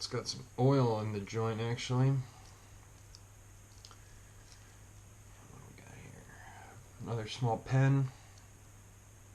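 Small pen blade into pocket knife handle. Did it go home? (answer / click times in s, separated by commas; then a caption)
no / none. Someone talks while handling the small pen blade of a multi-tool pocket knife, which has some oil in its joint, as it is drawn out of the handle. Faint, brief metallic ticks and handling noises come through a quiet stretch between the talk. The clip ends before the blade snaps into its open position, so nothing has clicked into place yet.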